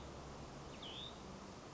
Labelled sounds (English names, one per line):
Hutton's Vireo